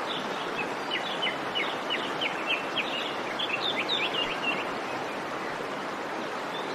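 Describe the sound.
Nightingale song, a quick series of short rising and falling whistled notes in a loose rapid sequence, partly buried under steady loud hiss.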